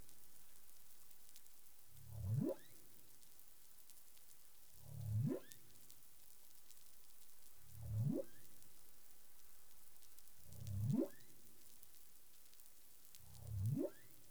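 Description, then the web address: Humpback whale giving five low upswept moans, each rising steeply in pitch and spaced roughly three seconds apart, with soft crackling background noise. Caribbean, recorded 20 April 2021 at 04:02 UTC. "humpback whale 20210420 040242 UTC"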